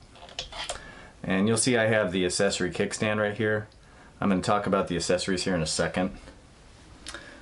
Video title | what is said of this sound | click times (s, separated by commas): Zoom Stryder Electric Scooter: Detailed Review with Range Tests! | so you press until it clicks and | 0.4 s